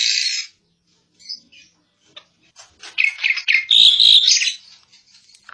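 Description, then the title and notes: Asian pied starling song: a loud harsh burst, a few scattered short notes, then a dense jumble of squeaky, chattering phrases before fading. Song used for masteran, the practice of tutoring songbirds. "jalak_suren. Kumpulan Bermacam macam Kicauan Burung Masteran"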